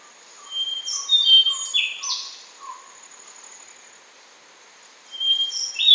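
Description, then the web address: Rufous-brown solitaire song: pure, thin whistled notes held at steady pitches, alternating with squeaky rising and falling phrases in short bursts, over a faint steady insect hiss. Recorded in Ecuador. "Birds of Ecuador. Rufous-brown Solitaire"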